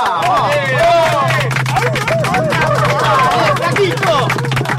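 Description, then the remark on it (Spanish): A loud, sustained burst of clapping from a studio audience at La Gatera FM La Tribu, welcoming a band, mixed with many voices cheering and whooping at once, holding steady for several seconds over a low constant hum. “¡Pido un aplauso!”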